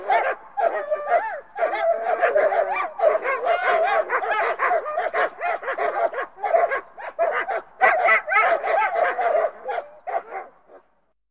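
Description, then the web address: Several dogs bark and yelp in a busy, overlapping chorus, short barks tumbling over one another for about ten seconds before fading to silence. A group of dogs barking. "KMP Film Video Sound Effects. Hond - Blaffende Groep"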